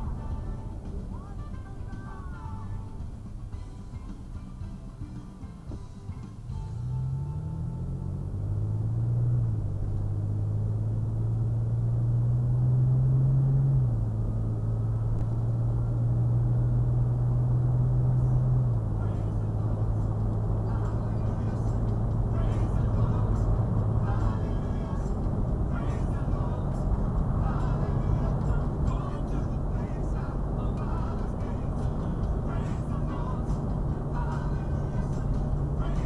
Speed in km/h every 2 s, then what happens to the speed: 23, 10, 8, 21, 32, 44, 53, 61, 69, 74, 77, 81, 82, 82, 81, 79, 77, 77.
0-4 brakes to 8. 4-22 speeds up to 81. 22-36 steady at about 81.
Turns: none.